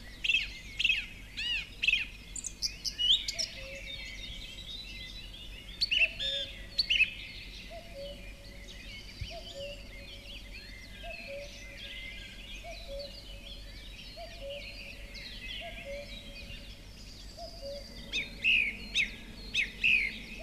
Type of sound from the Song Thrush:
song